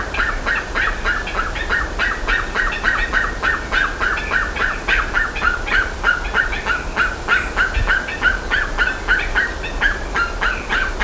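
Bird giving a rapid run of short, harsh notes, roughly three a second, in a long unbroken chattering series.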